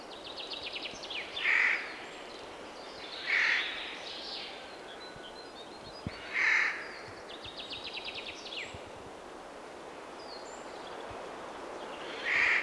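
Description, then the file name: Eurasian jay calling with coarse, grating screeches repeated at irregular intervals. "Garrulus glandarius"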